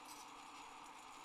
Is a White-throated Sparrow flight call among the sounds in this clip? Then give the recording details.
no. No flight call is heard. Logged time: 03:25 on 30 November 2014